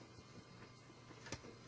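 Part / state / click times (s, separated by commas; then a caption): ribbon roll into card printer under print head / seated / 1.3 s. A ribbon cartridge is pushed into a Zebra 520i card printer, with the roll under the print head. Against a low steady hum, one short sharp click sounds at 1.3 seconds as the ribbon roll clicks into place.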